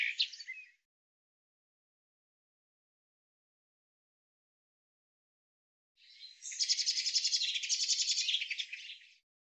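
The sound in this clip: Common chaffinch song: a brief tail of one phrase, a long pause, then a full bright phrase of rapid repeated notes lasting about three seconds.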